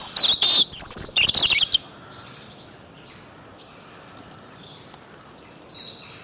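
Birds chirping in a burst of rapid high twittering notes for under two seconds, then fainter thin high whistles from birds over a quiet background.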